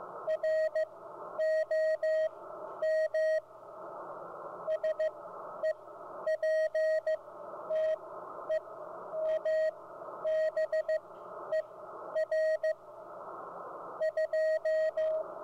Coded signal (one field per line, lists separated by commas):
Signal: Morse code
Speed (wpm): 15 wpm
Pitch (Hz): 630 Hz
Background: radio noise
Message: ROM SEPTEMBER 2